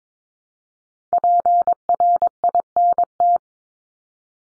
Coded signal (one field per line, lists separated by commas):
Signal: Morse code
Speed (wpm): 22 wpm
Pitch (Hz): 700 Hz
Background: none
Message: PRINT